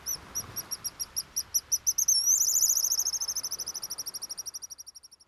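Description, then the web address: Pigeon Guillemot calls: a fast run of high piping notes, then a sliding whistle that breaks into a long, fading, shivering trill. "BIRD NOTE. Pigeon Guillemots"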